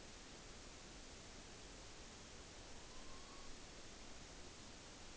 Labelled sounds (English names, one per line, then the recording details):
Morepork trill
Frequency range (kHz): Morepork 0.8-5.0 kHz
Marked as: faintness 4/5
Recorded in New Zealand on 9 October 2013
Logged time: 17:00
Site Ponui